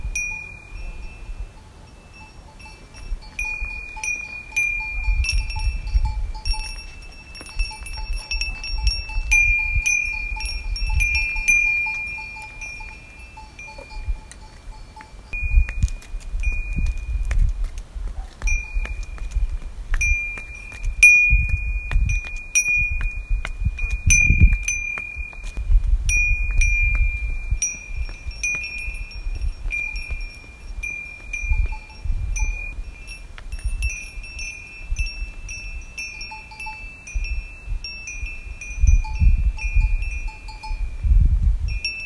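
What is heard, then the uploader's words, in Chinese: A herd of cattle comes walking home in the afternoon, their bells clinking almost without pause, bright and metallic, with sharper clusters of strikes around 15 to 25 seconds. Low, uneven rumbles of wind or movement rise and fall underneath throughout. 牛群迎面走來。下午的牛群，覓食完回家。林芝，西藏。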